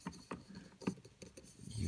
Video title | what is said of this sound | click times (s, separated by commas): Assembling a Bentley Trike stroller blogger demonstration | sure to wiggle it into place until you hear it click just like that | 1.2 s